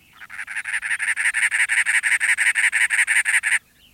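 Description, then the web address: Cactus wren calling, a harsh, grating chug repeated rapidly and evenly in a long series, then stopping abruptly. "BIRD NOTE. Cactus Wren"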